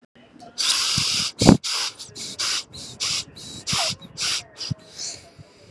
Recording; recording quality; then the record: shallow breathing; excellent, no background noise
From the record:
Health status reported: healthy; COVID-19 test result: not tested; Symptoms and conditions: none ticked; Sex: female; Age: 32 years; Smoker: not ticked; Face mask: not worn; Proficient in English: yes